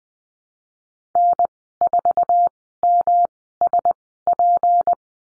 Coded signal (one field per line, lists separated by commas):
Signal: Morse code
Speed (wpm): 20 wpm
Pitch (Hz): 700 Hz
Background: none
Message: N4MSP